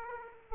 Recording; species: mosquito wingbeat signal from an infrared sensor; Aedes aegypti